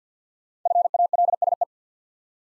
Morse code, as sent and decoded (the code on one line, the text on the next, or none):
..-. .- .-.. ... .
FALSE